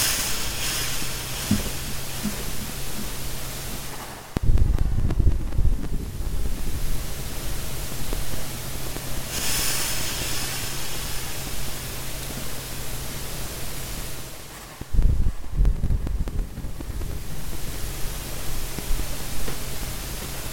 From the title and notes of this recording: This is a recording of my breathing together with random background noises, suitably amplified & enhanced, with nothing else added.